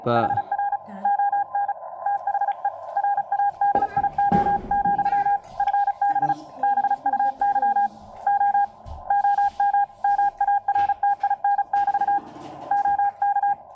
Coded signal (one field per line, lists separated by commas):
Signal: Morse code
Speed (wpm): 36 wpm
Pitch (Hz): 810 Hz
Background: speech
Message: HR ON THE RADIO, FB BUYO OM MARTIN<BT> OK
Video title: XIEGU - X6100 - CW DECODE FIXED - Working Well :)Firmware v1.1.5